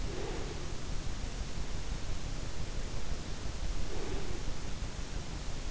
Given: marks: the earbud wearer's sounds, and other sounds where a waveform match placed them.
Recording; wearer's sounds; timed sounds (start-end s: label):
sounds in sleep by an in-ear microphone; breath
0.00-0.98 s: breath
3.72-4.65 s: breath